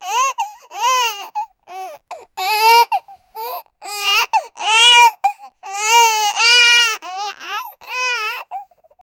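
A baby cries heavily in repeated sobbing bursts, about ten over nine seconds, with short gasping pauses between them. The cry is high-pitched and wavering, with rising and falling wails. It is a sound effect.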